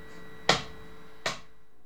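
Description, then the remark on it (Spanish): A metronome ticks twice, with sharp, bright clicks at an even pace under a second apart over a faint steady hum. No one speaks. “También te digo que los metrónomos deberían estar en superficies equilibradas.”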